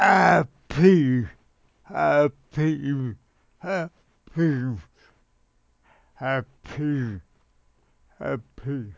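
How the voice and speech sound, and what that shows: An adult male with dysarthria slowly produces short, separate syllables such as "a" and "pi", with long pauses between them. His voice is strongly voiced and fairly low-pitched.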